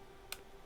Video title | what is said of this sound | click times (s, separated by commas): Gigabyte TRX40 Designare Motherboard Build Tutorial - CPU, RAM and Cooler Installation 2020 | hear it click we'll take the next one orientation is correct | 0.3 s